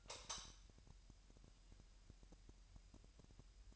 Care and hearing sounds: daily activity, microphone in the room; light on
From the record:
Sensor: 2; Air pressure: 1001.7 hPa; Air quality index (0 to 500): 240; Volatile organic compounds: 31 ppm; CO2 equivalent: 2976 ppm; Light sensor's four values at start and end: 4/10/4/4 and 8/23/9/9

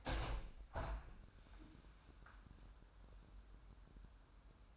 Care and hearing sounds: daily activity, microphone in the room; open window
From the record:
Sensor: 2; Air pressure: 998.4 hPa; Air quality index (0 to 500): 140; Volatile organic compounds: 4 ppm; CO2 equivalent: 1594 ppm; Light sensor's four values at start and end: 7/18/7/8 and 8/18/8/8

